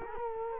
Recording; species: mosquito wingbeat signal from an infrared sensor; Culex quinquefasciatus